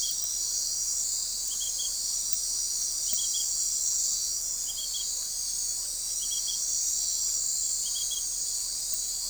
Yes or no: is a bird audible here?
no